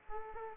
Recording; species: mosquito wingbeat signal from an infrared sensor; Aedes aegypti